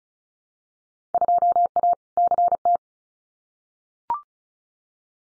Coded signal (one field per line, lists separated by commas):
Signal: Morse code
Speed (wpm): 34 wpm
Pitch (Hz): 700 Hz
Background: none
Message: 2A CT